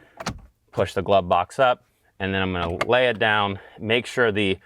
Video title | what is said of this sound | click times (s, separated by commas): Volkswagen Golf R Cabin Air Filter Replacement DIY (2022-Present Volkswagen Mk8 Golf R, GTI) | And then continue to push forward until I hear that click. | 0.3 s